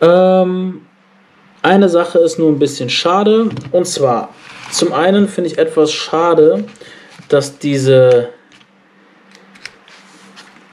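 A metal bit extension from a 38-piece Hi-Spec precision repair screwdriver set is pushed into the screwdriver handle, with no clamp to hold it. Someone talks through most of the clip, then a few faint, light taps follow between about 8.6 and 9.9 seconds. The extension sits loosely and nothing has latched or clicked into place yet.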